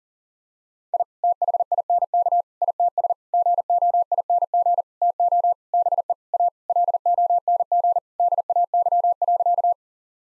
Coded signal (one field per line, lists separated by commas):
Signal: Morse code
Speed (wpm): 40 wpm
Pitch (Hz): 700 Hz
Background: none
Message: I THINK ITS GOING TO BE A LONG DAY.